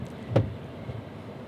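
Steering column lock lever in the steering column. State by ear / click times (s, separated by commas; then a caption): not seated / none. A 2019 Toyota Avalon XSE's tilt and telescoping steering column is adjusted and its steering column lock lever is handled, with one short knock-like hit at 0.4 s over low background noise. The lever has not yet locked in place; nothing has seated or clicked yet.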